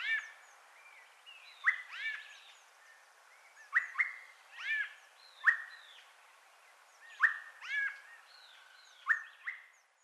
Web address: Turdus albicollis - Zorzal de cuello blanco